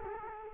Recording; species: mosquito wingbeat signal from an infrared sensor; Culex quinquefasciatus